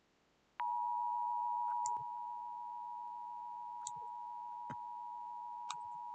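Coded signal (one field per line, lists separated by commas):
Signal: Emergency Alert System (SAME) tones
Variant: 853 and 960 Hz attention tone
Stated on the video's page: Fictional EAS scenario tones.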